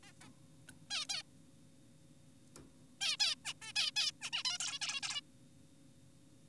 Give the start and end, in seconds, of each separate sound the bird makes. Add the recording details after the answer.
0.03-0.12, 0.21-0.29, 0.91-1.05, 1.09-1.23, 3.01-3.17, 3.20-3.35, 3.45-3.54, 3.62-3.72, 3.76-3.91, 3.96-4.12, 4.22-4.30, 4.33-4.43, 4.45-4.58, 4.60-4.79, 4.82-5.01, 5.03-5.21. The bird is an adult. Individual g4p5U